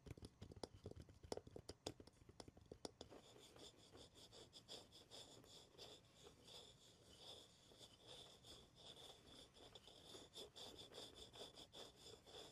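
Tapping and scratching on wood, cork and cardboard, with no talking. The first three seconds bring sharp, fairly regular taps, then a steady fast rasping scratch takes over, carrying a bright, squeaky edge and small rhythmic surges until the end.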